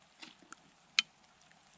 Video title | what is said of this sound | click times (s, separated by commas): Spring beaver trapping! | tap it until i hear the click | 1.0 s